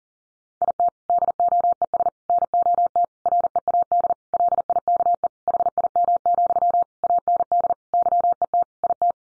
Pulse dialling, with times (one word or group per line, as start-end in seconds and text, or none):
none